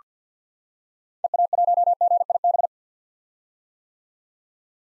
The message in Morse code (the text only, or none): EA1GIB